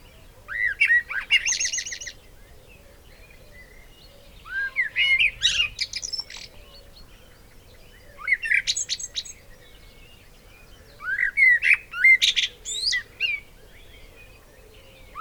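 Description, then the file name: Eurasian blackbird singing four phrases a few seconds apart, mellow whistles each followed by a thin, strained high twitter. "Turdus merula"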